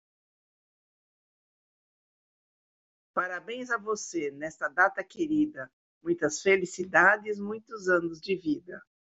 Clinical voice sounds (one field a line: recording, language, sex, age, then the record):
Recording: short text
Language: Brazilian Portuguese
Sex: female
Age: 50 to 59 years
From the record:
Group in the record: control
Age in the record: 59 years